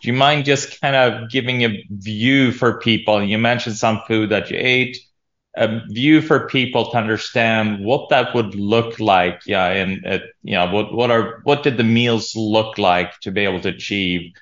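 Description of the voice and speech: A man asks a guest a question in clear, fluent conversational speech at a normal pace, with no disorder heard.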